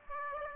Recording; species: mosquito wingbeat signal from an infrared sensor; Aedes aegypti